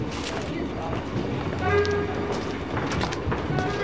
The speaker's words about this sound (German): Früher Abend, Bahnhof Euston im Nordwesten Londons, der die Stadt mit Reisenden aus ganz England verbindet.